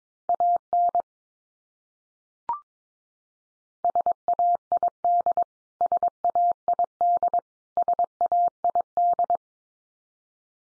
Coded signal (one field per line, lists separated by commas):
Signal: Morse code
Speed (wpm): 22 wpm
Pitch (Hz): 700 Hz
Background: none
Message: AN SAID SAID SAID